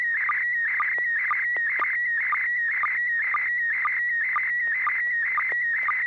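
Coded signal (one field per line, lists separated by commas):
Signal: SSTV (slow-scan television)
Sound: warbling, chirpy tone sweeping around, with a short low click about twice a second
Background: low mains hum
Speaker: the River City Arc Slow Scan TV net. This net serves for training and practice in image transmission modes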